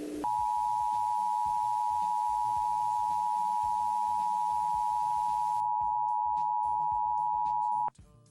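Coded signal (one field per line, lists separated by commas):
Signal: Emergency Alert System (SAME) tones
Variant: 853 and 960 Hz attention tone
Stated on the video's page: Simulated EAS mock alert.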